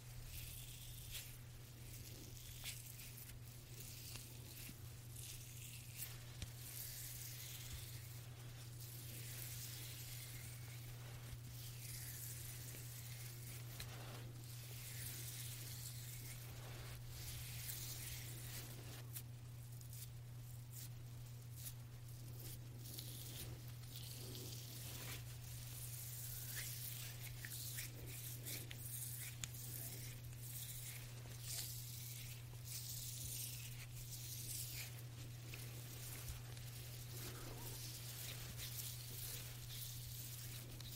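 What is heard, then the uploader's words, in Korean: A quiet hand massage without talking: soft, steady rubbing and hissing strokes, with frequent brief swipes and a constant low hum underneath. 말없이 부드러운 손 마사지 소리.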